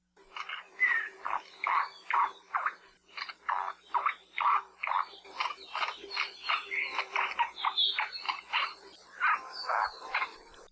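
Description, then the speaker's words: Crested honeycreeper calls, a dense run of harsh, buzzy notes repeated rapidly, about two per second, with varied pitch and a steady low hum beneath. Endangered native Hawaiian bird; Hawaiian name may echo its many sounds; found only in a small patch of wet forest high on Haleakala volcano, Maui; fewer than 2,000 remain. "Like many other Hawaiian birds, the name Akoekoe may come from some of the many sounds that they make. If you use your imagination, sound a little bit like their name."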